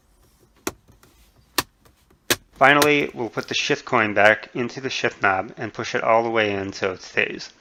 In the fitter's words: once the storage tray is in close the tray and put the climate control trim back on it should snap right into place